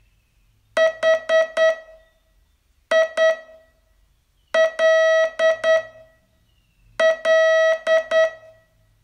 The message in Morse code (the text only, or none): HILL